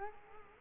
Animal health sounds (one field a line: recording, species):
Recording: mosquito wingbeat signal from an infrared sensor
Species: Culex quinquefasciatus